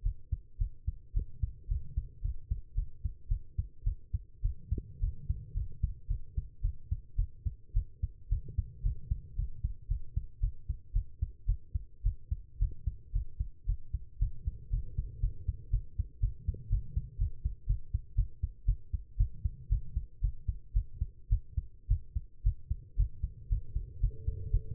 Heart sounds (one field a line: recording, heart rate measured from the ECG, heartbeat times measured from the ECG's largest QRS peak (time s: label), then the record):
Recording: heart sounds by stethoscope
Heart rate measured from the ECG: 113 bpm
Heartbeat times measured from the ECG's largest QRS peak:
0.02 s: heartbeat
0.58 s: heartbeat
1.13 s: heartbeat
1.68 s: heartbeat
2.21 s: heartbeat
2.74 s: heartbeat
3.28 s: heartbeat
3.83 s: heartbeat
4.41 s: heartbeat
5.00 s: heartbeat
5.54 s: heartbeat
6.07 s: heartbeat
6.61 s: heartbeat
7.16 s: heartbeat
7.73 s: heartbeat
8.29 s: heartbeat
8.82 s: heartbeat
9.36 s: heartbeat
9.88 s: heartbeat
10.40 s: heartbeat
10.93 s: heartbeat
11.46 s: heartbeat
12.03 s: heartbeat
12.59 s: heartbeat
13.12 s: heartbeat
13.66 s: heartbeat
14.19 s: heartbeat
14.70 s: heartbeat
15.20 s: heartbeat
15.70 s: heartbeat
16.20 s: heartbeat
16.69 s: heartbeat
17.18 s: heartbeat
17.66 s: heartbeat
18.15 s: heartbeat
18.65 s: heartbeat
19.17 s: heartbeat
19.69 s: heartbeat
20.21 s: heartbeat
20.73 s: heartbeat
21.29 s: heartbeat
21.88 s: heartbeat
22.43 s: heartbeat
22.96 s: heartbeat
23.49 s: heartbeat
24.00 s: heartbeat
24.51 s: heartbeat
From the record:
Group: healthy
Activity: rest 0-22 s, cold pressor test 22-25 s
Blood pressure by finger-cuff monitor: 139/80 mmHg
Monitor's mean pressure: 96 mmHg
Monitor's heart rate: 113 bpm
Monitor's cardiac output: 8.7 L/min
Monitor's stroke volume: 77 mL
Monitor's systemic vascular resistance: 790 dyn s/cm5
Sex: female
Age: 19 years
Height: 163 cm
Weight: 51 kg